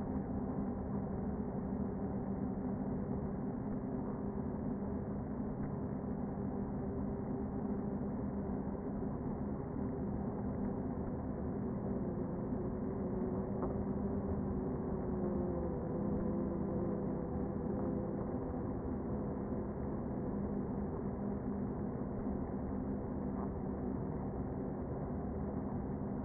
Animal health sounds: honeybee colony, microphone inside the hive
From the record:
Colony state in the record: queen present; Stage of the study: before two queens were removed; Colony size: about 60,000 bees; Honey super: yes

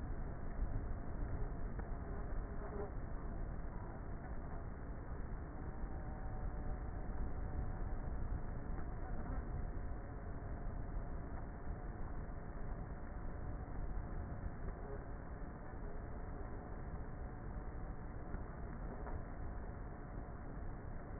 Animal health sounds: honeybee colony, microphone inside the hive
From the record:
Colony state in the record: queenless with a low population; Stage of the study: before two queens were removed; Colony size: about 30,000 bees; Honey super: no

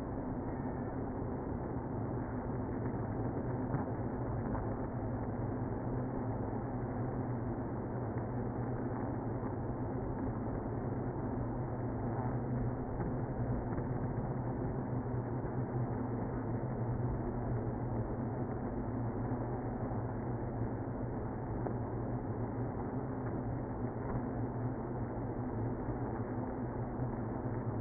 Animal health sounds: honeybee colony, microphone inside the hive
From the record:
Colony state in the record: queenless (queen removed); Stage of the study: after two queens were removed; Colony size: about 60,000 bees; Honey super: yes

